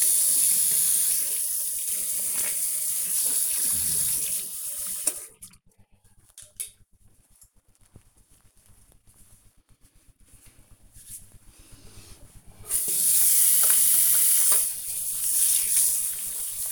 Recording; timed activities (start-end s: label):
household activities, microphone on the right wrist
0.00-6.49 s: brushing teeth
12.51-16.72 s: washing hands